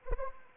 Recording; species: mosquito wingbeat signal from an infrared sensor; Anopheles arabiensis